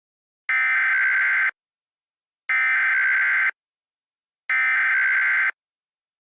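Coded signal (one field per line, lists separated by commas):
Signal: Emergency Alert System (SAME) tones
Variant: header bursts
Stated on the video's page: Fictional EAS scenario of a tornado disaster in Colorado.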